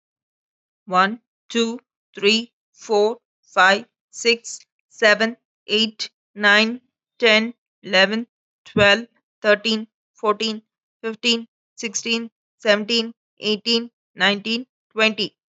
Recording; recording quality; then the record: counting at a normal pace; excellent, no background noise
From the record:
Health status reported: healthy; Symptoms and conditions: none ticked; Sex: female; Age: 48 years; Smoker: not ticked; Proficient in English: yes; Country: India